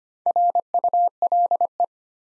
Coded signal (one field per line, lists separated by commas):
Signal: Morse code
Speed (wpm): 25 wpm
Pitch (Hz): 700 Hz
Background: none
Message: RULE